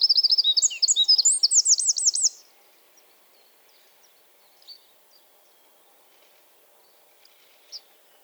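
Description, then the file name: Eurasian wren song, a two-second burst of quick high trills ending in looping notes, then near silence with a couple of faint chips. "Troglodytes troglodytes"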